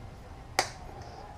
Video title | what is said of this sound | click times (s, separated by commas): MaksWerks Garage - Rebuilding and Syncing Carbs - 1997 Yamaha Virago XV1100 | you go clicks right in and | 0.6 s